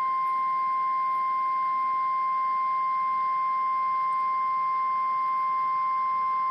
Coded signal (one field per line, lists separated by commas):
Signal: Emergency Alert System (SAME) tones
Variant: 1050 Hz attention tone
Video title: EAS #15, SVR, 5/06/14